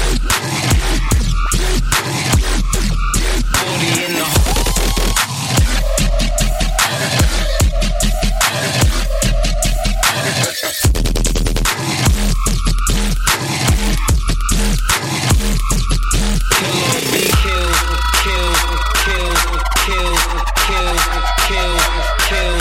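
Robot noises: a dense, loud run of glitchy clicks, buzzes and stuttering beeps over a steady low hum, with short tones that step up and down in pitch. After about 17 seconds the clicks ease off and warbling, wavering electronic tones take over.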